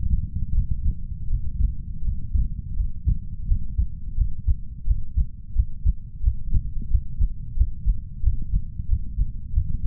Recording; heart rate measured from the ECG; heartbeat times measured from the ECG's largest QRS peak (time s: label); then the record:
heart sounds by stethoscope; 87 bpm
0.53 s: heartbeat
1.28 s: heartbeat
2.02 s: heartbeat
2.75 s: heartbeat
3.46 s: heartbeat
4.16 s: heartbeat
4.85 s: heartbeat
5.54 s: heartbeat
6.21 s: heartbeat
6.89 s: heartbeat
7.55 s: heartbeat
8.21 s: heartbeat
8.87 s: heartbeat
9.51 s: heartbeat
From the record:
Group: healthy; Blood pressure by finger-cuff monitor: 110/77 mmHg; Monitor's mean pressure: 83 mmHg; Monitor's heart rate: 84 bpm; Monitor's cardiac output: 6.5 L/min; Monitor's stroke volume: 78 mL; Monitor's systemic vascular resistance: 890 dyn s/cm5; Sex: male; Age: 33 years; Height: 179 cm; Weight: 80.4 kg